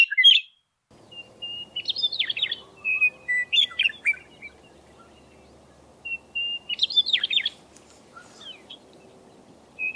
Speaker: Here are just a few examples of western meadowlark songs.